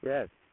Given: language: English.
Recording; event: throat vibration sensor signal played as sound; speech